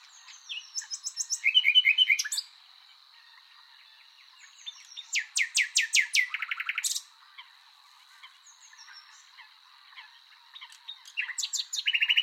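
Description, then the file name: Common nightingale singing several phrases of rapid repeated notes and brief high whistles, with pauses between, over a steady faint high tone. "Luscinia megarhynchos"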